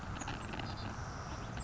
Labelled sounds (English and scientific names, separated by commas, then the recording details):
Savannah Sparrow (Passerculus sandwichensis)
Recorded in Sonoma County, California